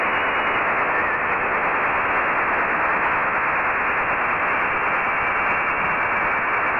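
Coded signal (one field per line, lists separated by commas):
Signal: HF data modem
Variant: STANAG 4285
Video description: decode a French Navy Stanag 4285 Signal. This just seems to be a test signal, sending the French equivalent to the quick brown fox.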